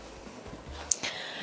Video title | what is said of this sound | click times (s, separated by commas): Диван розкладний Марк 3 тм Таймлесс, спальне місце 1350мм | достатньо підійняти ніжну частину частинку до щелчка та надовити | 0.9 s